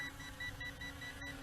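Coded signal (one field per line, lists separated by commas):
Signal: alarm pattern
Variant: SNAPTAIN quadcopter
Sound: rapid series of short high beeps, about five per second, seven heard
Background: low hum and clicks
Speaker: oh it's not long beeps it's really fast beeps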